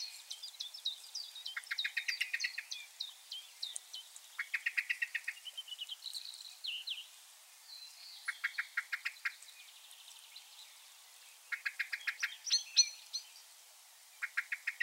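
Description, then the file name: Common blackbird calling in repeated bursts of fast, dry clicking notes, while other small birds twitter and whistle steadily in the background. "Turdus merula"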